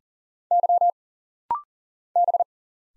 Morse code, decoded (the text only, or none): Y B